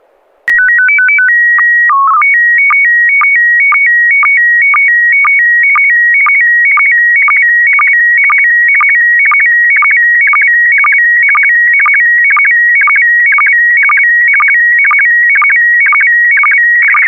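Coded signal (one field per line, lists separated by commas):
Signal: SSTV (slow-scan television)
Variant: PD 120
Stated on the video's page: SSTV images sent on a weekly amateur net over an FM repeater on 441.300 MHz in Sacramento, using MMSSTV software.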